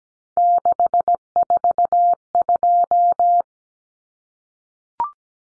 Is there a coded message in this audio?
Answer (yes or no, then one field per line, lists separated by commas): yes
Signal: Morse code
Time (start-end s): 0.4-3.4 s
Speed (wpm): 17 wpm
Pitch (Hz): 700 Hz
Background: none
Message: 642